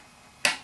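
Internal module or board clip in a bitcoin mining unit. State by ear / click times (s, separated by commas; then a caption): seated / 0.5 s. A component is pressed into its retaining clip inside a KNCminer Jupiter bitcoin mining unit during setup. After near silence, a single sharp, bright snap sounds at 0.5 s and fades quickly. The board is seated, snapping into place on both sides.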